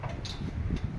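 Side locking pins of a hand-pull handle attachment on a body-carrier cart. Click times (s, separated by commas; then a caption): 0.0 s, 0.3 s. Pins on both sides of the hand-pull attachment of a metal body-carrier cart are fitted in, giving two short metallic clicks at 0.0 and 0.3 seconds over a low background rumble. The attachment locks in place.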